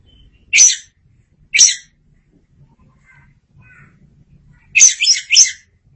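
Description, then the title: Oriental magpie-robin song, two short bright whistled bursts about a second apart, a quiet pause with faint notes, then a richer twisting whistled phrase. "Suara Kicauan Burung Kacer Durasi Panjang"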